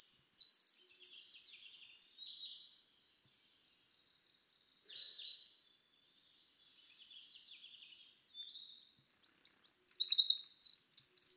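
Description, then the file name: Eurasian wren song, a rapid high trilling burst of sharp notes at the start, quieter scattered chips in the middle, then another loud fast trill at the end. "Troglodytes troglodytes"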